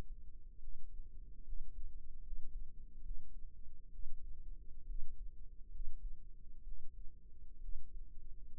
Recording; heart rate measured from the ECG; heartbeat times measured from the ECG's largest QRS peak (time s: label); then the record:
heart sounds by microphone in the right ear; 68 bpm
0.60 s: heartbeat
1.45 s: heartbeat
2.23 s: heartbeat
3.03 s: heartbeat
3.91 s: heartbeat
4.86 s: heartbeat
5.71 s: heartbeat
6.64 s: heartbeat
7.60 s: heartbeat
8.49 s: heartbeat
From the record:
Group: healthy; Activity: rest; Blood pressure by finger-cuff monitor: 113/65 mmHg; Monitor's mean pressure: 82 mmHg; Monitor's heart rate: 70 bpm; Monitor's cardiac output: 7 L/min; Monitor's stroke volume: 98 mL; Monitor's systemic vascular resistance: 820 dyn s/cm5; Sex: male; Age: 22 years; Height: 181 cm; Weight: 79 kg